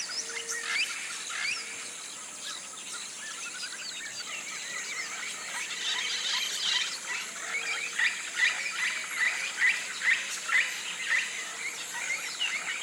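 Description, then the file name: Birds calling, scattered chirps at first, then a run of quick repeated notes in the second half, over a continuous high-pitched insect buzz. Tropical rainforest at morning, flocks of birds rousing in the canopy. "articulated TROPICAL Rainforest morning rousing flocks of birds"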